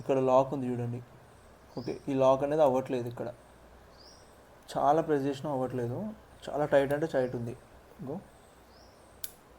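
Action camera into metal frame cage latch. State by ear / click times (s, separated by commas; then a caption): seated / 9.2 s. An Insta360 Ace Pro action camera is pressed very hard into a PULUZ metal frame cage while someone talks. After the latch has failed to lock under pressing because the fit is very tight, it locks with a sharp click at 9.2 s, seating the camera in the cage.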